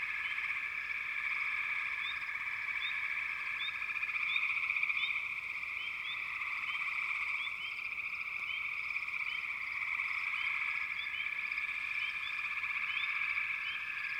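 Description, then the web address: Frogs in chorus, an unbroken buzzing trill layered with frequent short upward-sweeping chirps, steady from start to finish. "Sounds of Nature Collection Frog Chourus"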